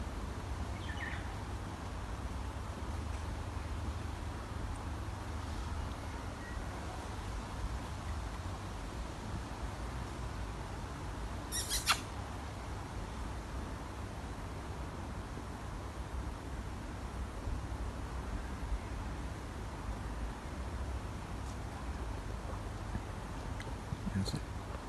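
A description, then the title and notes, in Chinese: Small birds sing at night in a New Zealand hill forest, their calls sparse over a steady low rumble. A brief bright chirping burst stands out near the twelve-second mark, and faint thin calls appear now and then, including one near the end. 夜晚小鸟们的吟唱新西兰考考山。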